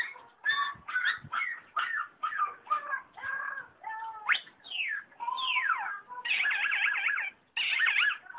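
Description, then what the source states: Long-tailed shrike song of harsh chatters, then long sweeping slurred whistles and rapid trilled, warbling phrases. A combination song.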